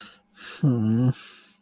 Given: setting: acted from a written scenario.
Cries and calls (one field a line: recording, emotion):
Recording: vocal sound without words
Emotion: embarrassment